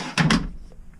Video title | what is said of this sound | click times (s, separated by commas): VW T5 Camper Conversion Project Part 13: Fitting Reimo T5 Swivel Base | let's move the seat forward and just run it all the way around locks into place | 0.2 s, 0.3 s